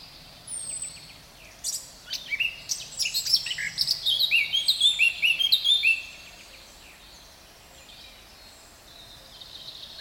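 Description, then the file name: Eurasian blackcap song: a brief soft chatter, then a fast run of rich whistled notes growing louder, followed by quiet. "Sylvia atricapilla"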